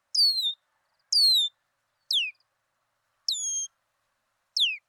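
Red-winged blackbird producing five thin, high whistles, mostly sliding downward, spaced roughly one second apart.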